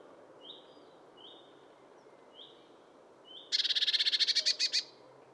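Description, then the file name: Eurasian blue tit giving thin high whistled notes about once a second, then a single fast buzzy rattle of many scratchy notes. "Cyanistes caeruleus"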